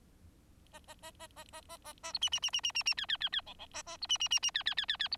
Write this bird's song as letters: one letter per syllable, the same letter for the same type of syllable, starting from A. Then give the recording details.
A A A A A A A A A B C C C C C C C D D D D E E A A B C C C C D D D D D B. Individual Bird4